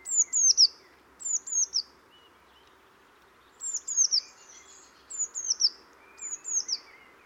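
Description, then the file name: Eurasian blue tit giving high, thin, downslurred notes in short bursts of two or three, with a pause midway and faint background hiss. "Cyanistes caeruleus"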